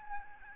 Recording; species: mosquito wingbeat signal from an infrared sensor; Aedes albopictus